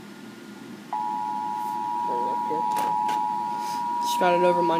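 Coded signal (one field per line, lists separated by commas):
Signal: Emergency Alert System (SAME) tones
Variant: 853 and 960 Hz attention tone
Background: speech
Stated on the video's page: Received on TV.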